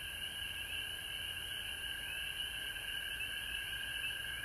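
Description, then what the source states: Frogs calling in a dense continuous chorus, a steady high trilling layer with a lower droning tone beneath, plus a constant very high hiss throughout. Recorded at home in Georgia on March 19, 2020.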